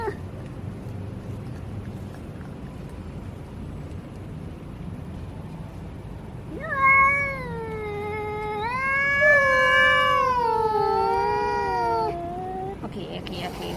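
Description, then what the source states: Domestic cat silent at first, then a single long yowling meow that swells, holds steady with slight wavers, and drops in pitch at the end. Male cat (tomcat).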